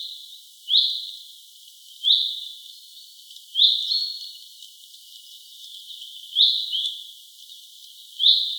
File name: Fringilla coelebs